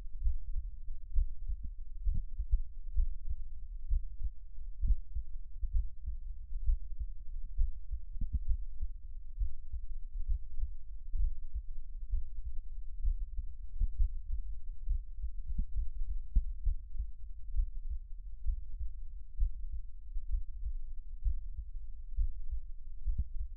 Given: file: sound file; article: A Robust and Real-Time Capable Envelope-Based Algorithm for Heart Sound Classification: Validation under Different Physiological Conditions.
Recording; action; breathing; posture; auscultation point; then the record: heart sounds by electronic stethoscope; rest; normal; lying on stomach; Erb’s point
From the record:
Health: healthy, no known heart disease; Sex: male